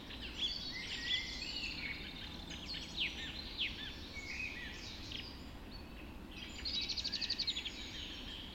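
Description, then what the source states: Birds in a lively dawn chorus, many overlapping whistles and chirps, with a rapid repeated trill near the end, over soft low background noise. Dawn chorus recorded just after dawn in the Forest of Dean.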